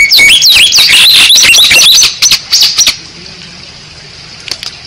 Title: Masteran Jalak Bali Yang BERSUARA UNIK Untuk Gacoran Juara